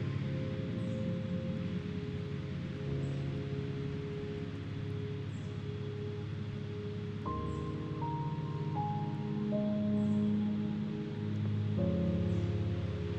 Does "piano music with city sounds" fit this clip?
yes